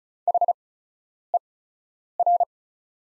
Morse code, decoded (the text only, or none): HER